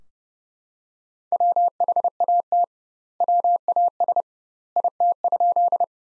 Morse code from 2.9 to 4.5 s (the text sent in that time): WAS